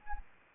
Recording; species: mosquito wingbeat signal from an infrared sensor; Anopheles arabiensis